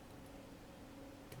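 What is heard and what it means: During a watch repair, a small metal watch part is worked into the watch movement or case. There is a steady low hum, with a brief faint tick at about 1.3 seconds. Nothing has seated or clicked into place yet.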